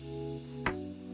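A small cable connector is pushed onto a pin header on a motherboard during a HYTE Y60 (MCS-HYTE-Y60-BR) case upgrade, with steady music playing throughout. A single sharp snap is heard at 0.7 s as the connector seats on the header.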